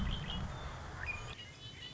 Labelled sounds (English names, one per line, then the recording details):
Red-winged Blackbird
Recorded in Sonoma County, California